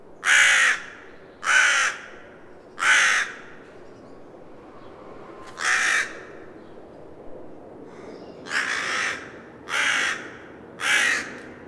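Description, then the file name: Carrion crow calling in rough, grating caws spaced about one to three seconds apart, with a softer, fainter caw in the middle and three more at the end. "Corvus corone"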